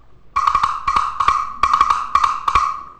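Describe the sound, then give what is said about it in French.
A woodblock, an orchestral percussion instrument, struck repeatedly in a quick, syncopated rhythm, each hit a bright, hollow knock at the same pitch, played alone with no voices. “Le woodblock.”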